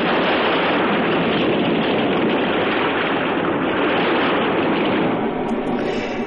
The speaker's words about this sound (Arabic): عالي صوت الموجة يا رافض من فضلك